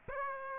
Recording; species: mosquito wingbeat signal from an infrared sensor; Aedes aegypti